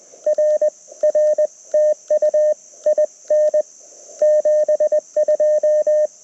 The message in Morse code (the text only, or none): R R TU IN 72